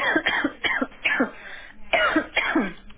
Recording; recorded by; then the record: voluntary cough; telephone call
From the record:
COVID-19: positive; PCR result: checked with the laboratory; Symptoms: no